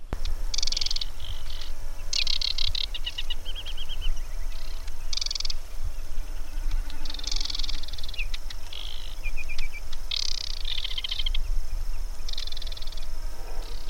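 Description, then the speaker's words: Aquatic Warbler song: dry chattering rattles alternating with short, even whistled trills, phrases repeated throughout, over a steady low rumble. Singing male in a sedge marsh beside a boardwalk; sings quietly and delicately compared with the Sedge Warbler; hard to spot even when singing very close. "Udało mi się nagrać śpiew wodniczki."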